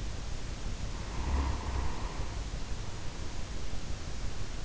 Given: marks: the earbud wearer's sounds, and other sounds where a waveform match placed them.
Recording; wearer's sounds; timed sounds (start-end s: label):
sounds in sleep by an in-ear microphone; snoring breath
0.81-3.67 s: snoring breath